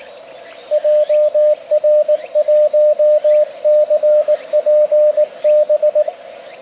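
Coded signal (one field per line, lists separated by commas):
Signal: Morse code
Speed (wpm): 20 wpm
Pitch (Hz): 600 Hz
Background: radio noise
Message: JR1CPB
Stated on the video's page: CW from a park activation (POTA) sent at 20/18 WPM by a CW beginner running CQ POTA, on 7 MHz then 10 MHz.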